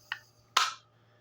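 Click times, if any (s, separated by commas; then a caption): 0.6 s. A plastic battery cover on a Realistic/RadioShack BTX121 or HTX 202/404 handheld two-way radio had not quite closed, so it is taken off, flipped to the correct orientation and pressed back on. A faint click at 0.1 s comes first, then a sharp, loud snap at 0.6 s as the cover seats into place.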